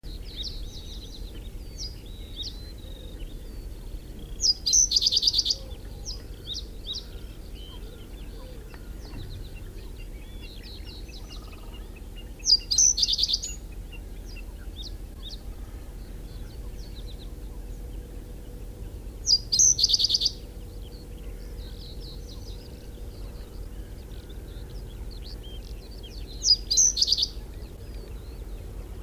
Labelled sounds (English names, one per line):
Common Snipe